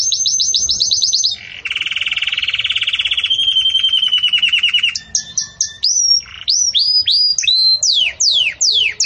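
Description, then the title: Canary song: a high rattle, then a long buzzy rolling trill, followed by rapid clipped notes and a string of sharp downward-sweeping whistles. Belgian canary song, described as campainha, used for breeding chicks to learn from. "Belíssimo Canto Do Canário Belga Campainha Para Encarte De Filhotes"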